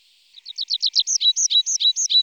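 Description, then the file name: Tree pipit song: a rapid sequence of repeated notes, quieter at first, becoming louder, evenly spaced downslurred notes. "Pipit Des Arbres - Tree Pipit"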